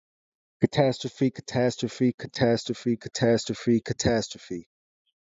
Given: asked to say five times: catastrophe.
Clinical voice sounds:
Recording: repeated word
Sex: male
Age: 30 to 39 years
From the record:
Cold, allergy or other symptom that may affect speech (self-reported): no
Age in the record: 37 years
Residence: Missouri, United States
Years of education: 16

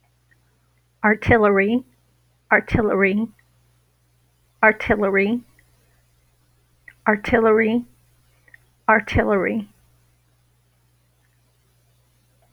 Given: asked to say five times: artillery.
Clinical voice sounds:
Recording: repeated word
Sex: female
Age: 60 to 69 years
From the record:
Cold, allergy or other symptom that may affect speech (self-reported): no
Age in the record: 61 years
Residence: Washington, United States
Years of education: 16

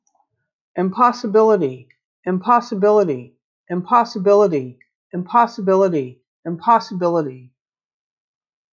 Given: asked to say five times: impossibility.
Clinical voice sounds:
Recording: repeated word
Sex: female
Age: 50 to 59 years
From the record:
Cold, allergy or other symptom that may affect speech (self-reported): no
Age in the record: 57 years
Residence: California, United States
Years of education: 14

